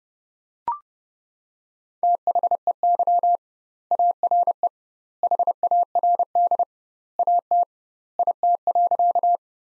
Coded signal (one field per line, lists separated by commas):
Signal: Morse code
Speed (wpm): 32 wpm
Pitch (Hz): 700 Hz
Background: none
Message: THEY ARE HARD AT IT.